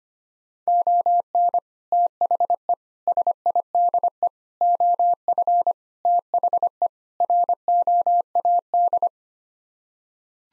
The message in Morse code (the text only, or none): ON THE SIDE OF THE ROAD